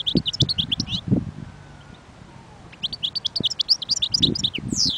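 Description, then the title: European goldfinch singing in two twittering bouts, chirpy and liquid, separated by a quiet gap of about two seconds, with dull knocking sounds underneath. Wild bird. "اجمل غناءالحسون الخلويchant chardonneret sauvage"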